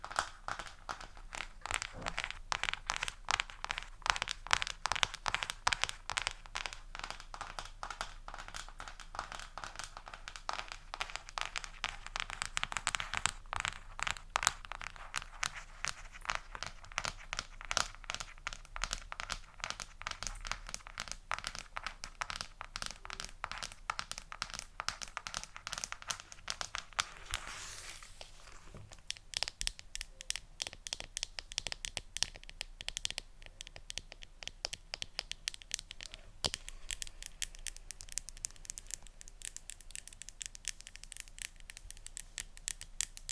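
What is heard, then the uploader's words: Rapid tapping with crinkly, crackling touches thins briefly near the middle before continuing steadily. ASMR Tapping (No Talking).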